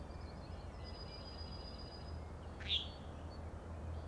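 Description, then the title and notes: Common nighthawk, one loud, abrupt nasal peent midway, preceded by a faint thin whistle, with a low background hum. Three birds peenting, flying one after another in very close formation near the recordist, Schoodic Head overlook, Acadia National Park, Winter Harbor, Maine; 16 June 2017, 4am. "Common Nighthawks, Schoodic Head 061617 4am. 3 common nighthawks making peenting calls and wings booms but also a rattling noise at the Overlook (410 ft) on Schoodic Head (435 feet) Schoodic division Acadia National Park Winter Harbor, ME"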